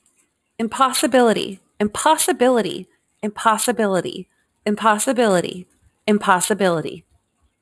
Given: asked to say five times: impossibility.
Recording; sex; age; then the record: repeated word; female; 30 to 39 years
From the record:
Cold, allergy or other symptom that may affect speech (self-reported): no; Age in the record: 35 years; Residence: California, United States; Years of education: 14